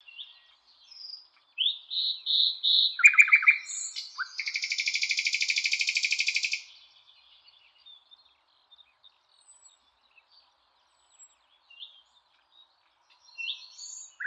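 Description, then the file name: Common nightingale song: piping whistled notes, a short rattle, then a long loud even trill, followed by scattered soft notes. "Luscinia megarhynchos"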